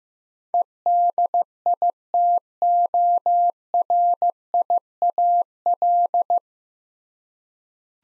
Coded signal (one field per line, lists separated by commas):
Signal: Morse code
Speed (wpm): 15 wpm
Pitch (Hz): 700 Hz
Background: none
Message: EDITORIAL